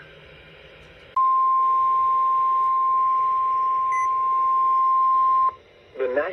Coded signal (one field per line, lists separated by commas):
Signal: Emergency Alert System (SAME) tones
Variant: 1050 Hz attention tone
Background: speech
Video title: West Virginia SVR Spam - EAS Alerts from April 15-16, 2024 || EAS 1,219-1,228